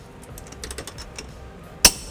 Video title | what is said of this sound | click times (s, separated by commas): 2018 Hyundai Santa Fe Sport Trailer Hitch Installation | or snap sound ours will be making a pop just like that | 1.8 s